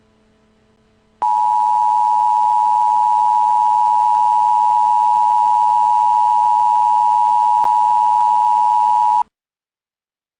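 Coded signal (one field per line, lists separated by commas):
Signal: Emergency Alert System (SAME) tones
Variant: 853 and 960 Hz attention tone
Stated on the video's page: Fictional EAS scenario.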